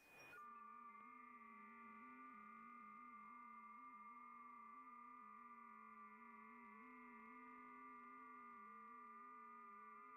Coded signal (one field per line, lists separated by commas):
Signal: FT8